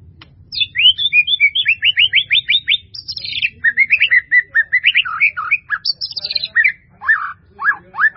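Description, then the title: White-rumped Shama song with rapid series of repeated rising whistled notes, then fluid descending phrases and a few loud slurred calls at the end. "murai batu"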